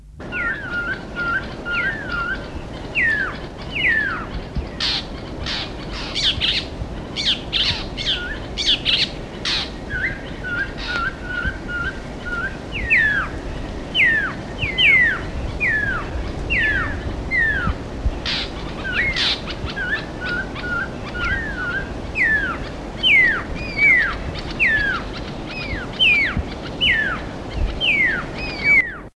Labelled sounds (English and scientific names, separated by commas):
Fork-tailed Drongo (Dicrurus adsimilis)